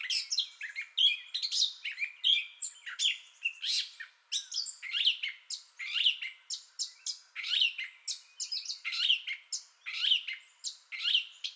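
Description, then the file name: Gray catbird song: a long run of scratchy, squeaky phrases, later settling into similar repeated phrases. Entire song bout, 30 May 2021. "2021-05-30 Gray Catbird Entire Song Bout"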